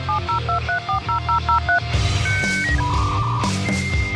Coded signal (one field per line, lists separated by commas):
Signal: DTMF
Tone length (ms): 110 ms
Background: music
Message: 702340003